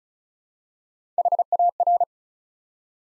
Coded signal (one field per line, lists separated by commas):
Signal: Morse code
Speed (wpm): 36 wpm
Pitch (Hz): 700 Hz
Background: none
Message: HAR